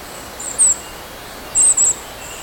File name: red breasted pygmy parrot